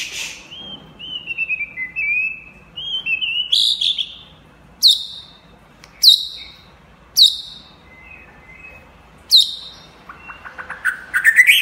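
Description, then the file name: White-rumped shama song mixing long gliding whistles with several sharp, loud down-swept notes, closing in a quick rising flourish. Champion bird from a singing contest. "suara murai batu juara lomba"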